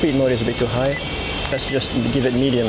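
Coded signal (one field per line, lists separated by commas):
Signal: none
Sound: drone controller mode beeps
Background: speech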